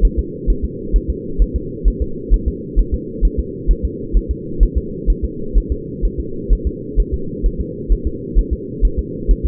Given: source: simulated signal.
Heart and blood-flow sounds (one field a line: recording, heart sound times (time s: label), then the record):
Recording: fetal heart sounds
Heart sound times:
0.05 s: S1
0.19 s: S2
0.50 s: S1
0.65 s: S2
0.96 s: S1
1.10 s: S2
1.42 s: S1
1.56 s: S2
1.88 s: S1
2.02 s: S2
2.34 s: S1
2.48 s: S2
2.79 s: S1
2.94 s: S2
3.25 s: S1
3.39 s: S2
3.71 s: S1
3.85 s: S2
4.17 s: S1
4.31 s: S2
4.63 s: S1
4.78 s: S2
5.10 s: S1
5.25 s: S2
5.58 s: S1
5.72 s: S2
6.05 s: S1
6.20 s: S2
6.53 s: S1
6.67 s: S2
7.00 s: S1
7.14 s: S2
7.46 s: S1
7.61 s: S2
7.92 s: S1
8.07 s: S2
8.39 s: S1
8.53 s: S2
8.85 s: S1
8.99 s: S2
9.31 s: S1
9.45 s: S2
From the record:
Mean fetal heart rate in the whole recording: 130 bpm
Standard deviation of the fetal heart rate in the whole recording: 2 bpm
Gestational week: 36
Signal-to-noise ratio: -4.3 dB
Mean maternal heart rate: 72 bpm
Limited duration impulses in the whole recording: absent